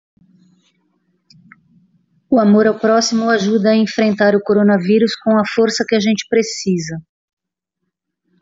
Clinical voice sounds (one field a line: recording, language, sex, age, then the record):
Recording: spoken sentence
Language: Brazilian Portuguese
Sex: female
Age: 50 to 59 years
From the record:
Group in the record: control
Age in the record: 54 years